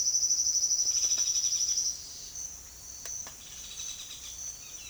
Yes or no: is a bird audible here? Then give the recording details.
yes. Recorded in secondary vegetation near Puerto Asís, Putumayo, Colombia, on 23 June 2025 at 07:00. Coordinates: 0.500, -76.326. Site GP08